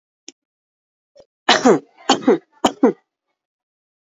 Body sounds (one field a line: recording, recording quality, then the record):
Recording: heavy voluntary cough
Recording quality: poor, much background noise or distortion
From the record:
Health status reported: recovered from COVID-19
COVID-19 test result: positive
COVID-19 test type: RT-PCR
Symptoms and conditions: cough, cold, sore throat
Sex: female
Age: 41 years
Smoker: no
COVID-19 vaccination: both doses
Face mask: worn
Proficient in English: yes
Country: India